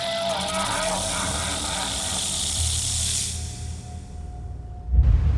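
A snake's long, steady hiss rasps for about three seconds over a low rumbling background, then trails away before a dull thump near the end.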